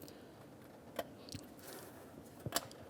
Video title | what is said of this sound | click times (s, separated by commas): How to Replace Variable Valve Timing Solenoid (VVT) 2009-2015 Honda Pilot | snap that in then | 2.6 s